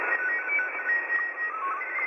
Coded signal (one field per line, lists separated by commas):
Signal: SSTV (slow-scan television)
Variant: Scottie 2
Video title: Receiving SSTV from far away is really easy...